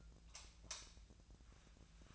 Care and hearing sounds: daily activity, microphone in the room; light off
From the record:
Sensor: 2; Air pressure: 1009.7 hPa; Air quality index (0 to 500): 182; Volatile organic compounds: 11 ppm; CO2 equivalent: 2271 ppm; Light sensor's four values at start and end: 32/83/35/37 and 30/76/32/35

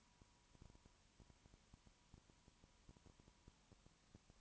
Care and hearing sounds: daily activity, microphone in the room; no activity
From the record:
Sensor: 1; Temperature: 19.2 degrees Celsius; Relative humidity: 37.8%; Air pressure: 1001.1 hPa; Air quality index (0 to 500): 198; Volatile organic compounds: 7 ppm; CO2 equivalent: 1994 ppm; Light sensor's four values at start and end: 1/2/1/1 and 1/2/1/1

